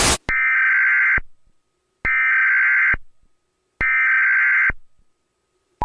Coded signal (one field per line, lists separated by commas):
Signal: Emergency Alert System (SAME) tones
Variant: header bursts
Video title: The A.H.O. Monthly Emergency Alert System Test 11/20/19 4:15 PM